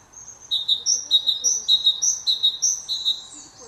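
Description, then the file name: Great tit repeating sharp, high phrases of two lower notes and a higher one in an even, bouncing rhythm, about five phrases, with soft background noise. "Parus major"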